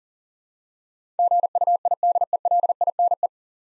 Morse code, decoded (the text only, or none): GUIDELINE